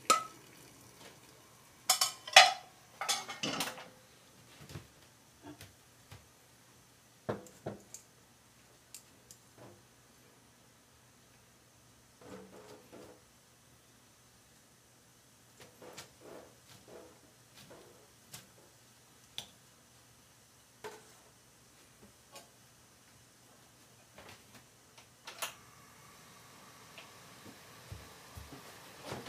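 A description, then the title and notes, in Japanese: Preparing bonito tataki ramen: scattered clicks, taps and clattering of utensils and dishes, busiest in the first few seconds, then sparse and irregular. A sharp clatter comes around 25 seconds, and a low, steady hum runs underneath throughout. 環境音 かつおのたたきらーめん。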